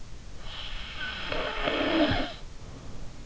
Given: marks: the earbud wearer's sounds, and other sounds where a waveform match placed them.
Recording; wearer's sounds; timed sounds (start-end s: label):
sounds in sleep by an in-ear microphone; snoring breath
0.53-3.24 s: snoring breath